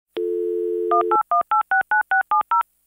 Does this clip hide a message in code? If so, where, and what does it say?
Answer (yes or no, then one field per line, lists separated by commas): yes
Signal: DTMF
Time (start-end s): 0.9-2.6 s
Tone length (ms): 130 ms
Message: 181869670